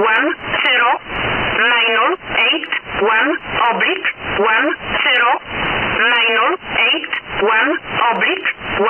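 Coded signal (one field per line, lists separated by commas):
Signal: numbers station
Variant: E11a (Oblique)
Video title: Numbers Station E11a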